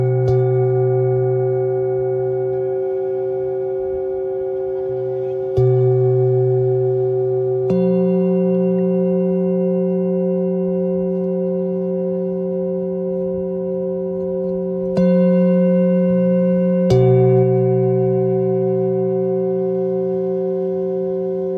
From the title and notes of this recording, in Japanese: メキシコから シンギングボウルのサウンドヒーリングをお届け ライブ。